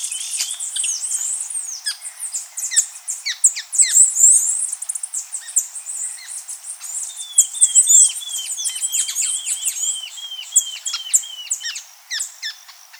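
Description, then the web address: Birds calling in a busy chorus of sharp high chirps and twitters, with a run of evenly spaced, slurred down-sweeping notes midway through. "BIRD 2015 SABIOD bird"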